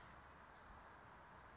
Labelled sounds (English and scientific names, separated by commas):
California Towhee (Melozone crissalis)